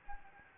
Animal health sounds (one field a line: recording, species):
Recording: mosquito wingbeat signal from an infrared sensor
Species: Anopheles gambiae